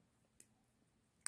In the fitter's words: Yeah, you can hear it clicks. So it sort of clicks into place.